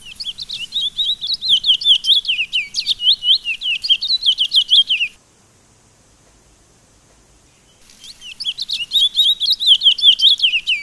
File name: suara burung towa towa. omkicau